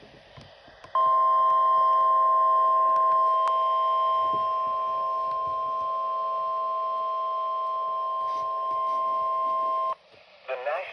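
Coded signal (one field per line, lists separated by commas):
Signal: Emergency Alert System (SAME) tones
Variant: 1050 Hz attention tone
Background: speech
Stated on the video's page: Severe thunderstorm watch EAS alert received on radio, not television.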